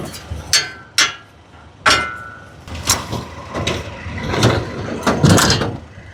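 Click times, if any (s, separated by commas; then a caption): 0.5 s, 1.0 s. A fold-out table or shelf in an exterior compartment of a 2025 Entegra Condor motorhome on a Sprinter 3500 AWD 170" chassis is popped out and flattened one-handed. Two sharp clicks at 0.5 s and 1.0 s mark its parts locking into place, followed by softer knocks and handling noise. The fixture is seated and locked.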